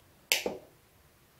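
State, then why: Seated. A spray gun's mixing head is turned 180 degrees, its black plastic knob is released, and the head is moved slightly into the gun body. A sharp click sounds at 0.3 s, followed by a softer lower knock about 0.15 s later. The mixing head locks securely in position.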